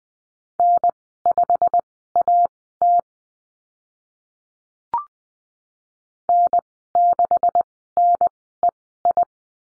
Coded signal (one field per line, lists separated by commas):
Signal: Morse code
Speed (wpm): 20 wpm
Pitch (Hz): 700 Hz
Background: none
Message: N5AT N6NEI